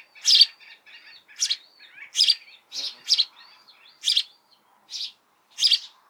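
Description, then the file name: House sparrow giving loud, clipped chirps roughly every second, each followed by faint twittering notes, against a quiet background. "Passer domesticus"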